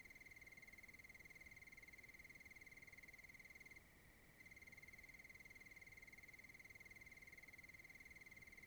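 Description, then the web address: A cricket gives a steady, rapidly pulsed high trill on one pitch. It breaks off for about half a second midway, then resumes unchanged over a soft background hiss. Wilderness, Oregon. "Discover Oregon - Wilderness Crickets Crickets Sutton Cricket"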